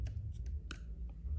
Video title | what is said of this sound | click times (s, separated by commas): LCD IPhone BerGaris Tanpa Ganti LCD | teman-teman, ada bunyi tek gitu. | 0.7 s